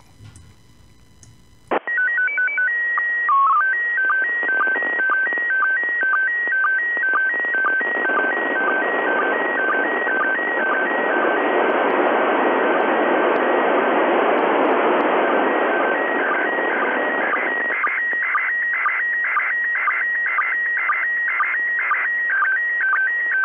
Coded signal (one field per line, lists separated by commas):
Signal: SSTV (slow-scan television)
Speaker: that audio that you just heard should be able to decode that photograph that we just watched download